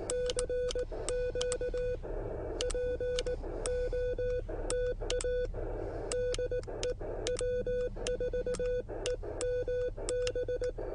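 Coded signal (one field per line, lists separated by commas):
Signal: Morse code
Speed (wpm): 18 wpm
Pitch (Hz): 500 Hz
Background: none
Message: CQ POTA DE W4EMB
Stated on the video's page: CW parks activation with short contacts, using an Elecraft KX1 and Penntek TR45L.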